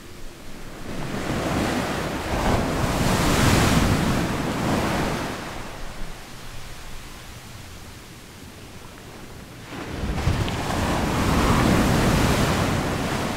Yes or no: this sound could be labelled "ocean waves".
yes